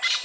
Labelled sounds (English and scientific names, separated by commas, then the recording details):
Brown-throated Parakeet (Eupsittula pertinax) contact call
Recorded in Venezuela